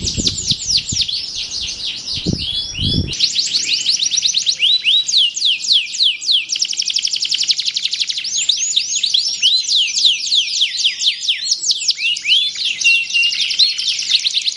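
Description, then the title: Canary song, a continuous stream of quick high trills and rolling phrases; a few low thumps sound during the opening three seconds. Belgian canary; warm-up song used to stimulate a canary to sing. "Canto Para Esquentar Canário Belga. SUARA BURUNG : Kenari"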